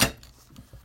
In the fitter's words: It locks in place.